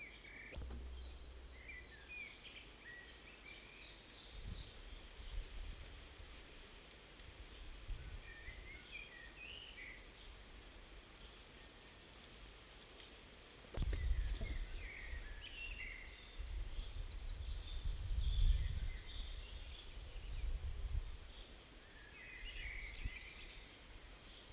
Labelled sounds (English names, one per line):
Short-toed Treecreeper